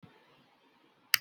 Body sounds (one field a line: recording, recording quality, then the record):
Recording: counting at a normal pace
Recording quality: poor, much background noise or distortion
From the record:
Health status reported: healthy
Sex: male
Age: 37 years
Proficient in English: yes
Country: India